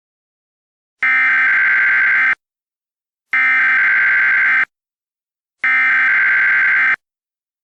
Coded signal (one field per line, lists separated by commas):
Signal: Emergency Alert System (SAME) tones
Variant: header bursts